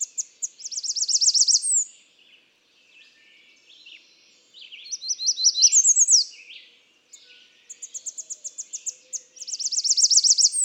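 American redstart song: bright, rapid trains of high notes, repeated several times, each building in loudness toward an accented ending.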